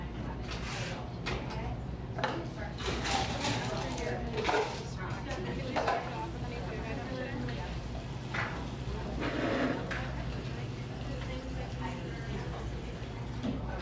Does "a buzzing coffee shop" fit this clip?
yes